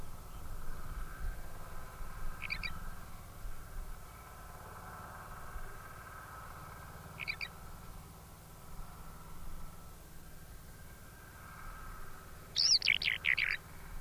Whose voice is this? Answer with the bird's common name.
Eurasian Skylark